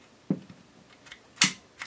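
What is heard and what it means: With the slide pulled back slightly, the striker deactivation button on the polymer frame of a Beretta APX A1 Compact pistol is pushed in. A soft tick at 0.3 s and faint handling noises lead to a sharp, bright click at 1.4 s as the button seats, followed by a lighter tick at 1.8 s.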